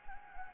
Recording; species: mosquito wingbeat signal from an infrared sensor; Anopheles gambiae